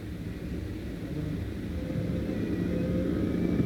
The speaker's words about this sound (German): Die Automobile aber fahren achtlos vorbei. Sie hören ihn nicht. Sie sitzen im Drehgeräusch ihrer Wagen.